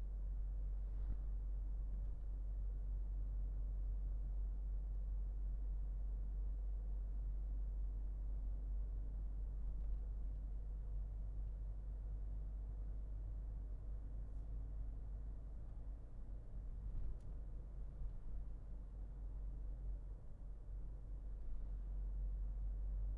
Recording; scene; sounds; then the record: everyday scene through a hearing-aid microphone; in a vehicle; engine, highway driving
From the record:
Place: Berlingo II, diesel engine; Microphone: behind the ear, left, front